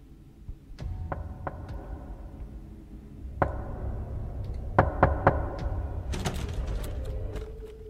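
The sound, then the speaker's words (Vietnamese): Sharp raps on the outer door of a house arrive in small clusters of two or three, spaced unevenly across the stretch, over a steady low rumbling hum. No one speaks. “Thì đúng thật là tiếng gõ cửa.”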